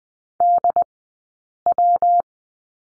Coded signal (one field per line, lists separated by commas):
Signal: Morse code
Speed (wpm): 20 wpm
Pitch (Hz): 700 Hz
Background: none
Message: DW